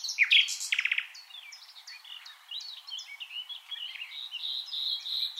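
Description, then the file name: Common nightingale song opening with a loud burst of quick repeated notes, followed by seconds of softer chirping and warbling. "Luscinia megarhynchos"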